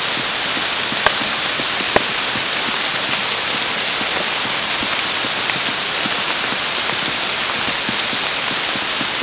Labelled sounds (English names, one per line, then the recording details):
none
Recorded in secondary vegetation near Puerto Asís, Putumayo, Colombia, on 29 June 2025 at 13:00
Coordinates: 0.484, -76.319
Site G074